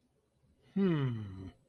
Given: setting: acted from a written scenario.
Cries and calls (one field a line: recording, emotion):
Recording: vocal sound without words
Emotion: interest